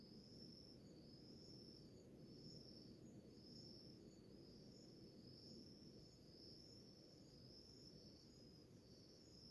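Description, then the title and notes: Crickets chirping in a steady high pulsing chorus over constant low background noise. Early morning in a village in the middle of the Mata Atlântica rainforest; a chorus of crickets. "a symphony of crickets in a relaxing morning in a village in middle a Mata Atlântica rainforest"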